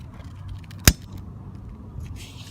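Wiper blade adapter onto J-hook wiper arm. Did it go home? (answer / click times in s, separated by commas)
yes / 0.9 s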